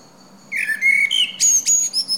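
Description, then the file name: Common blackbird song, brief: a clear fluty warble slurring down, then several sharp, high squeaky twitter notes. "Turdus merula"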